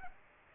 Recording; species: mosquito wingbeat signal from an infrared sensor; Aedes aegypti